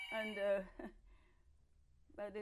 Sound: phone ringing in background

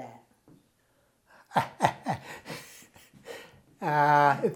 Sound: chuckles

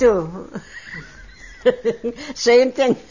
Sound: she laughs

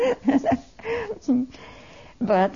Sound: she laughs

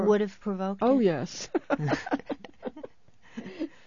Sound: they laugh

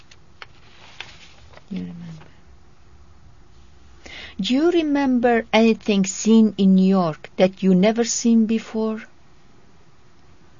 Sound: none

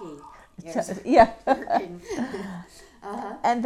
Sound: they laugh

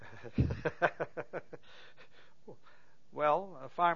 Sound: laughs

